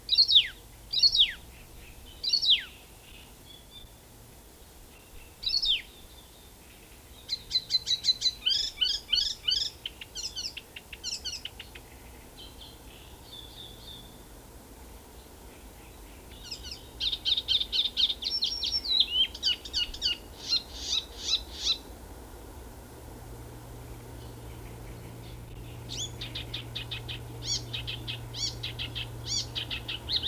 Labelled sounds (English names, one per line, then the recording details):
Icterine Warbler song
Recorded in the wild
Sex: male
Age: adult
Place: Großgründlach, Bayern, DE
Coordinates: 49.5306, 11.0017
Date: 1963-05-20
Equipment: Nagra, AKG D19/200, Original, Vollspur
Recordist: Tretzel, Erwin